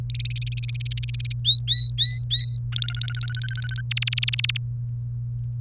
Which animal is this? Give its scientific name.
Serinus canaria